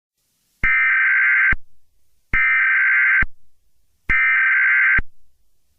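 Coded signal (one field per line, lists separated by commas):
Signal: Emergency Alert System (SAME) tones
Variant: header bursts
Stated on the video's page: Simulated EAS SAME tones in a fake nuclear-ship-crash scenario made with CapCut.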